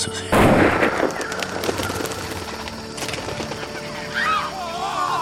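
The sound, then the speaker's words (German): A single loud gunshot, fired by a kneeling marksman aiming through cut branches, cracks out near the start, its sharp blast trailing off into a long rumbling decay, with faint bird chirps rising later in the quiet. “Er ließ sich auf ein Knie nieder, zielte mit sicherem Halt durch die abgehauenen Zweige, schoss und stand sogleich wieder auf, um nachzusehen.”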